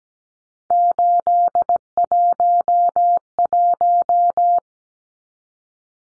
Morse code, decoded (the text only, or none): 811